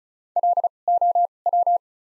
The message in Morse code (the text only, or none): LOW